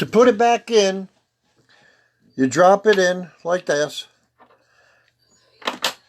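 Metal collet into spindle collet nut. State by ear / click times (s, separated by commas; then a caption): seated / 5.7 s, 5.8 s. A metal CNC router collet is dropped into the spindle's collet nut and pushed down until it snaps into place. Someone talks, then sharp snaps come at 5.7 s and 5.9 s as the collet seats correctly in the nut.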